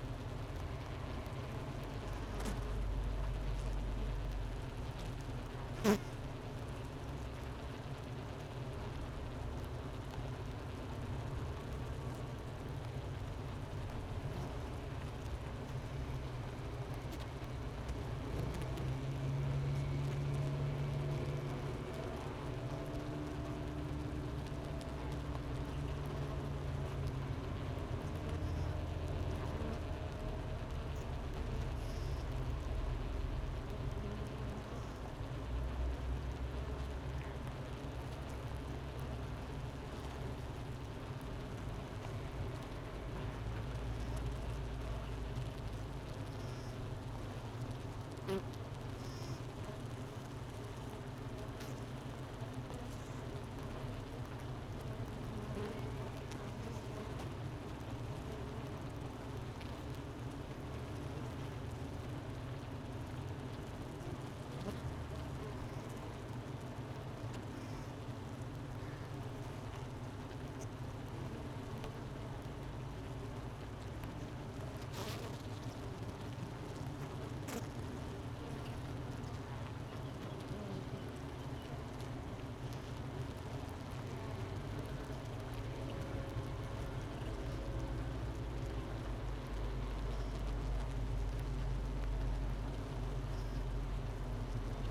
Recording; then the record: honeybee colony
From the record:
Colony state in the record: missing queen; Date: 31 May 2018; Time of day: 10:15